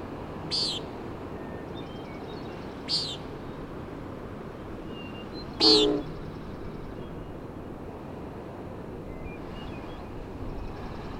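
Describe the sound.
Common nighthawk peenting three times, nasal and buzzy, the third louder and fuller, followed by quiet wind.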